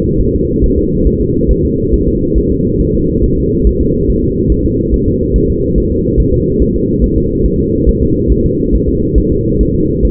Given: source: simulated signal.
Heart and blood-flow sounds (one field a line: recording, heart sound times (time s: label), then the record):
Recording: fetal heart sounds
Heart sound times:
0.21 s: S1
0.35 s: S2
0.64 s: S1
0.78 s: S2
1.07 s: S1
1.21 s: S2
1.51 s: S1
1.65 s: S2
1.94 s: S1
2.08 s: S2
2.38 s: S1
2.52 s: S2
2.81 s: S1
2.95 s: S2
3.24 s: S1
3.38 s: S2
3.67 s: S1
3.81 s: S2
4.10 s: S1
4.24 s: S2
4.52 s: S1
4.66 s: S2
4.94 s: S1
5.08 s: S2
5.36 s: S1
5.50 s: S2
5.78 s: S1
5.92 s: S2
6.20 s: S1
6.34 s: S2
6.62 s: S1
6.76 s: S2
7.04 s: S1
7.18 s: S2
7.46 s: S1
7.60 s: S2
7.89 s: S1
8.03 s: S2
8.32 s: S1
8.46 s: S2
8.75 s: S1
8.89 s: S2
9.18 s: S1
9.32 s: S2
9.61 s: S1
9.75 s: S2
10.05 s: S1
From the record:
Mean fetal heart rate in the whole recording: 140 bpm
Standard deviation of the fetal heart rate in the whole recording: 2 bpm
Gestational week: 34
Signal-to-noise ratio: -14.7 dB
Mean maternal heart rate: 72 bpm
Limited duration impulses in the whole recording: present